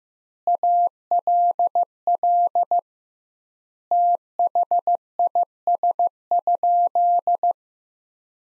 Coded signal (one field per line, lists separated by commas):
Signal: Morse code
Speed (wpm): 15 wpm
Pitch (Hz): 700 Hz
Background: none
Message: ALL THIS?